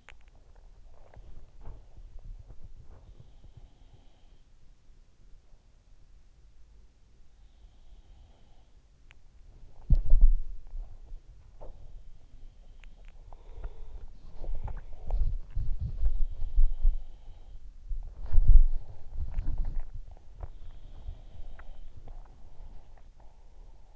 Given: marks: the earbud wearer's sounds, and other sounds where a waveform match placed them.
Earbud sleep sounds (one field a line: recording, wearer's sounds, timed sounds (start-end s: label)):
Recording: sounds in sleep by an in-ear microphone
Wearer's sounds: teeth grinding, body movement, swallowing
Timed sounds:
0.00-0.35 s: teeth grinding
0.93-2.98 s: body movement
3.14-4.90 s: sound from someone else or the room
6.18-23.96 s: body movement
7.16-9.53 s: sound from someone else or the room
8.91-9.27 s: teeth grinding
12.44-13.46 s: swallowing
15.99-17.99 s: sound from someone else or the room
20.33-22.25 s: sound from someone else or the room